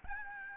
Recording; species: mosquito wingbeat signal from an infrared sensor; Aedes albopictus